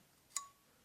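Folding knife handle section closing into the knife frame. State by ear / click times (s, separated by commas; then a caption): seated / 0.4 s. A metal handle section of a REMETTE RT-WK1 folding knife's disassembly mechanism is closed back into the knife frame. It seats with a single sharp metallic click at 0.4 s, followed by a brief high ringing that fades within about a tenth of a second.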